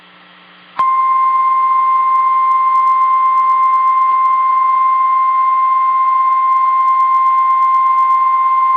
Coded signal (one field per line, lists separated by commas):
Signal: Emergency Alert System (SAME) tones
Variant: 1050 Hz attention tone